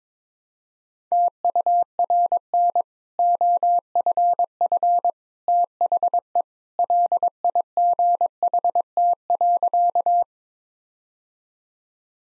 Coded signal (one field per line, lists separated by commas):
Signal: Morse code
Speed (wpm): 21 wpm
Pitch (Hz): 700 Hz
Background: none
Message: TURN OFF THE LIGHT.